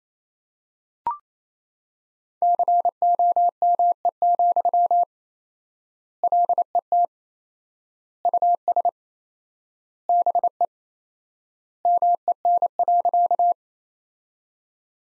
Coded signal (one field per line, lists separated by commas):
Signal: Morse code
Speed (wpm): 28 wpm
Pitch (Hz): 700 Hz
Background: none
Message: COME, LET US BE MEN.